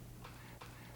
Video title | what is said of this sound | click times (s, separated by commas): FoodSaver Vac 550 Vacuum Saving Secrets and ＂How To＂ Video | they will lock into place | 0.2 s, 0.6 s